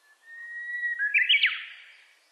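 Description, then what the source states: Japanese bush warbler song: a long, steady whistle rising slightly, then a quick, loud flourish of sliding notes that fades away. Recorded 29 April 2001.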